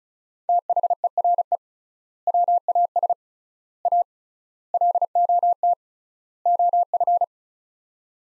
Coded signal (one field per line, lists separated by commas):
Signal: Morse code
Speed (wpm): 34 wpm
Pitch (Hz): 700 Hz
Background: none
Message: THERE WAS A LOT OF